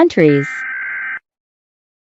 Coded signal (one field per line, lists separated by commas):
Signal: Emergency Alert System (SAME) tones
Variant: header bursts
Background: speech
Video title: EAS alarms